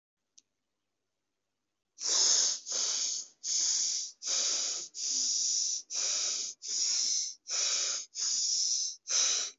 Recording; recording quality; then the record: shallow breathing; excellent, no background noise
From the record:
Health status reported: COVID-19 positive, mild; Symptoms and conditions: cough, cold, diabetes, ischaemic heart disease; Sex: female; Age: 52 years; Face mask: not worn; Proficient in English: no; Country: India